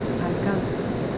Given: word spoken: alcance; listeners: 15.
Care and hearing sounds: one Spanish word in noise, from a listening test; speech-shaped noise; -5.0 dB; 2 of 15; 8 of 15; 0.78 s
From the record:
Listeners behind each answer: 8, 2, 2, 1, 1, 1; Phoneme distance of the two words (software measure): 10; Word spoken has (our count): 3 syllables, 7 phonemes, stress on syllable 2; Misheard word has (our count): 3 syllables, 7 phonemes, stress on syllable 2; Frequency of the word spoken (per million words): 49.01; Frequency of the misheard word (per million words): 37.57

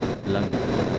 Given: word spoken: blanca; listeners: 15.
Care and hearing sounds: one Spanish word in noise, from a listening test; noise modulated by three-talker babble; -3.4 dB; 0 of 15; 13 of 15; 0.59 s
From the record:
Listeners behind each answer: 13, 1, 1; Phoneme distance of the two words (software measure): 30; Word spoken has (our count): 2 syllables, 6 phonemes, stress on syllable 1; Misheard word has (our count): 2 syllables, 6 phonemes, stress on syllable 1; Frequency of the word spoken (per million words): 92.16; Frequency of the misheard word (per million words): 69.40

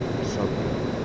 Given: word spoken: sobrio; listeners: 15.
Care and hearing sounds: one Spanish word in noise, from a listening test; speech-shaped noise; -6.2 dB; 1 of 15; 7 of 15; 0.65 s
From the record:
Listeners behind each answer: 7, 1, 1, 1, 1, 1, 1, 1, 1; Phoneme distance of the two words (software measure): 17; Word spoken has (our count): 2 syllables, 6 phonemes, stress on syllable 1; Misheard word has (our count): 2 syllables, 5 phonemes, stress on syllable 1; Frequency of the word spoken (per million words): 3.55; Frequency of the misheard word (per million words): 1898.97

